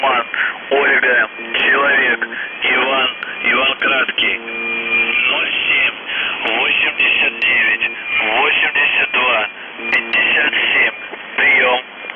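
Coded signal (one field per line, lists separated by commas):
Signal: numbers station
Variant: UVB-76 voice message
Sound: a male voice reading a message over a narrow, noisy shortwave channel, with brief tones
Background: radio static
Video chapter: 00:57 1229z Voice Message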